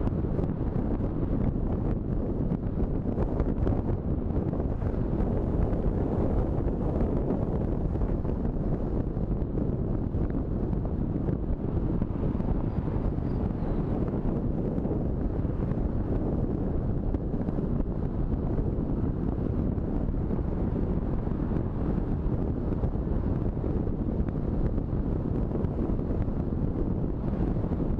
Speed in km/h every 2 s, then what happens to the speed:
52, 54, 52, 53, 52, 51, 51, 52, 50, 50, 49, 49, 49, 48.
0-28 steady at about 51.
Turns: none.